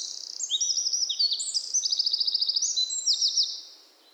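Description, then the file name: Eurasian wren singing a fast, loud stream of high trills and piercing notes, closing with a fading phrase. "Troglodytes troglodytes"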